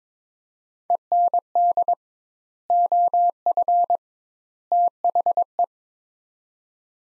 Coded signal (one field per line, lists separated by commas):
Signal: Morse code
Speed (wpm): 22 wpm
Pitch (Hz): 700 Hz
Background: none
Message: END OF THE